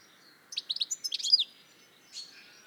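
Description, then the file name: European goldfinch giving a brief run of quick, bright chirping notes ending in a slurred twitter, then a soft faint note after. "Carduelis carduelis"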